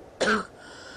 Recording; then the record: coughing mixed with background sound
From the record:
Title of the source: female coughing - coughing sound effects girl